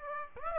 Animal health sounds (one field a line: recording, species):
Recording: mosquito wingbeat signal from an infrared sensor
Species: Aedes aegypti